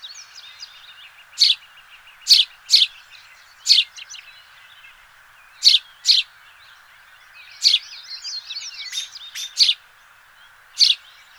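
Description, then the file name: House sparrow giving loud, sharp chirps at irregular intervals, with softer twittering between and steady background noise. "Passer domesticus"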